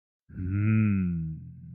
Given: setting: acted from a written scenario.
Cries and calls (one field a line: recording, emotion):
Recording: vocal sound without words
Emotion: desire